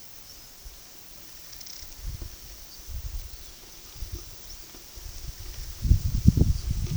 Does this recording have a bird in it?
no